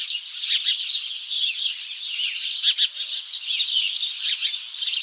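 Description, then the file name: House sparrows chirping busily, bright repeated chips over a steady bed of flock chatter, a couple of louder notes near the middle. "Passer domesticus"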